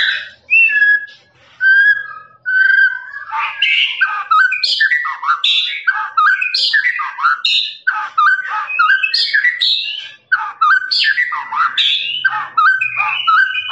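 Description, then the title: Lovebird chattering song: a continuous run of harsh, buzzy notes and rapid squeaky chirps that jump up and down in pitch, with almost no pauses. Long trilling 'ngekek' song used for training other birds. "MASTERAN LOVEBIRD NGEKEK PANJANG"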